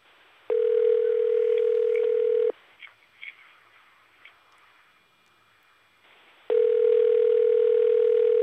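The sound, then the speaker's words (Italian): Two long, steady electronic tones of an outgoing call's ringback signal, calling the Gaucci house in Santo Domingo, each about two seconds, separated by a pause of about four seconds. The tone is a loud mid-pitched hum, with faint clicks between. “Oh, squilla!”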